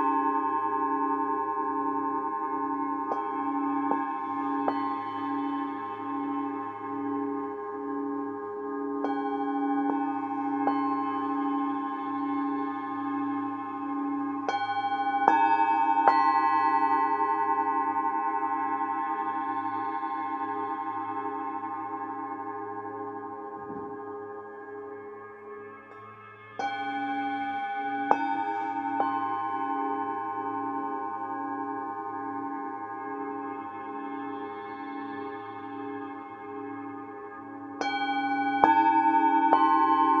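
Tibetan singing bowls ring out in a sound bath, their long, steady tones layered over a low hum with a gentle pulsing wobble. Fresh strikes arrive every few seconds, brightest around 15, 27 and 38 seconds, each swell slowly fading before the next.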